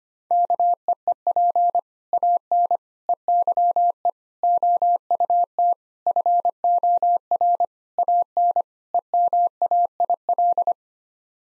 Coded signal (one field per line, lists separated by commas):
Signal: Morse code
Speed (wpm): 25 wpm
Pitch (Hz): 700 Hz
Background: none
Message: KEEP AN EYE OUT FOR AN EMAIL